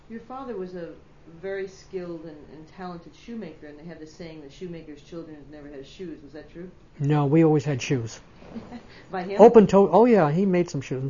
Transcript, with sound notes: Your father was a very skilled and talented shoemaker, and they have this saying that shoemaker's children never have shoes. Was that true?
No, we always had shoes.
( she laughs ) By him?
Open toes. Oh, yeah. He made some shoes.